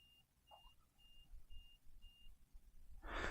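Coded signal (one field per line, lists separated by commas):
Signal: beep code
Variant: Fardriver motor controller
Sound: five short high beeps half a second apart, then a loud rushing hiss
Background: low background rumble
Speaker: looks like it's 7 so if you get seven beeps you know it is your temp sensor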